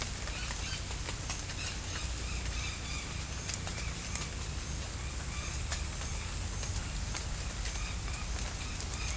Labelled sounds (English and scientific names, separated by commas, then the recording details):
none
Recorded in pastures near Puerto Asís, Putumayo, Colombia, on 16 December 2024 at 17:00
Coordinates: 0.472, -76.331
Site GP02